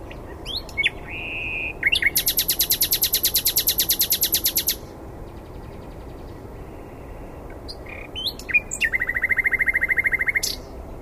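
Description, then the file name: Common nightingale song: a short whistle, then a long rapid trill of repeated notes lasting about three seconds, a pause, and another sustained trill. "Luscinia megarhynchos"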